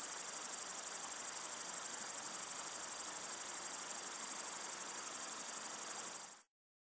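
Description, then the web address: Short-legged shieldbearer song, a continuous very high hissing buzz of evenly repeated rapid pulses that runs steadily, then cuts off near the end. "Crickets and Katydids. Shortlegged Shieldbearer, Atlanticus testaceus"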